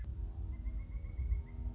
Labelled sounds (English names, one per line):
Pileated Woodpecker